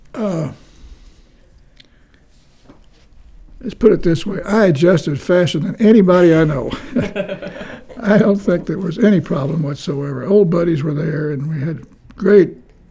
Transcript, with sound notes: Huh…let’s put it this way, I adjusted faster than anybody I know. [laughter] I don’t think there was any problem whatsoever. Old buddies were there and we had a great